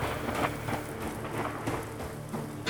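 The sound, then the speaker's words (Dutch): Steady, dense rain hisses across the whole stretch, with a low, rolling rumble of thunder from approaching thunderstorms underneath and a few brief swells in intensity. No voices. “Je hoort eronder de onweersbuien tegemoet treden, tegemoet komen.”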